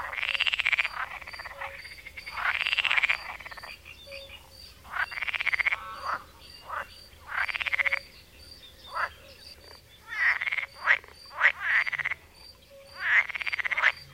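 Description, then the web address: Pool frog calls: repeated rattling croak bursts of about one second, mixed with shorter calls. "Fotoim Hangok Pelophylax lessonae"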